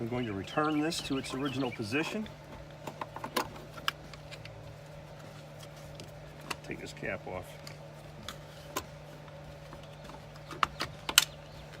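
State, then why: Seated. Someone talks while a plastic terminal cover cap is pressed back into its original position on a battery terminal of the new AGM battery in a 2014 Silverado, after the terminals have been tightened. Several small clicks and taps follow, and the cap snaps into place at 11.2 s, fully seated.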